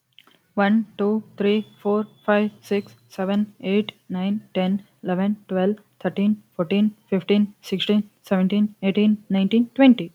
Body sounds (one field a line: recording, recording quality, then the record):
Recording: counting at a fast pace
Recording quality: excellent, no background noise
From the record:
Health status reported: recovered from COVID-19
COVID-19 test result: positive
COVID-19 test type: RT-PCR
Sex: female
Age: 24 years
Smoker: no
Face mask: not worn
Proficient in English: no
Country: India